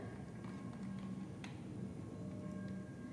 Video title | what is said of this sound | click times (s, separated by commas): Contour II Assembly and Use | you'll hear a click | 1.4 s